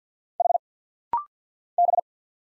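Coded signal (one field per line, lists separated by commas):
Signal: Morse code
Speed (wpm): 54 wpm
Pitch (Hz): 700 Hz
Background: none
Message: H B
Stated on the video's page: Rapid-fire 50 wpm Morse practice drill of single letters and numbers, each character sent twice for head-copy.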